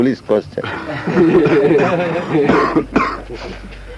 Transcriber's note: laughter